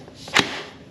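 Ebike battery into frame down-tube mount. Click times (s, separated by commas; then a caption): 0.4 s. A 48-volt, 12.8 amp-hour battery for a Ride1Up Turris 750W ebike is set on its bottom mount and pushed into the down-tube cradle of the frame. A sharp snap at 0.4 s, preceded by a faint tap near 0.3 s, is followed by a brief fading tail. The battery latches and is seated in the frame.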